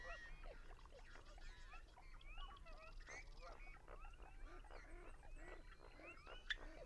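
Birds calling in a dense, overlapping flock, with many short squawking and honking notes throughout, over a steady low rumble.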